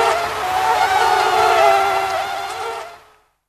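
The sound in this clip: Mosquito whine, a high nasal drone wavering slightly in pitch, loud throughout, then fading out into silence.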